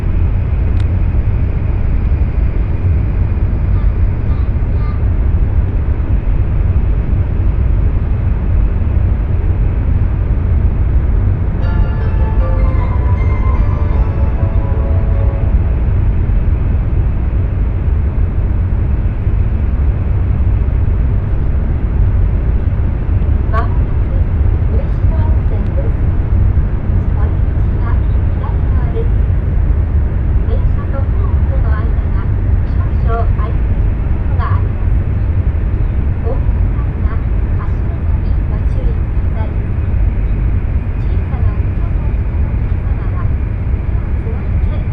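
A Nishi-Kyushu Shinkansen train runs from Nagasaki toward Saga, with a dense, steady low rumble that never lets up. Around 11 to 15 seconds a brief tonal chime or announcement rises over it, and faint voices and small knocks surface later.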